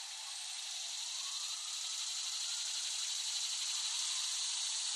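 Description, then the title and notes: Cicadas in a loud, continuous high buzz that builds slightly in volume over the first second and then holds steady. Cicadas recorded in West Brighton, Staten Island, late summer 2008. "The Cicadas of Summer. Recording of cicadas made by Dan Bodah in West Brighton, Staten Island, late summer 2008"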